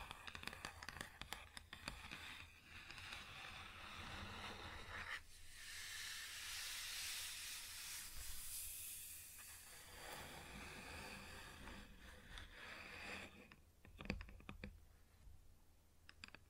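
Tapping and scratching on a wooden surface, with quick clicks in the first few seconds and again near fourteen seconds. From about five to thirteen seconds a steady, bright hiss of scraping takes over, easing and swelling. A low hum runs underneath throughout.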